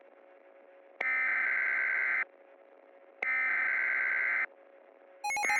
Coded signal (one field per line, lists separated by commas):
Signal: Emergency Alert System (SAME) tones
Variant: header bursts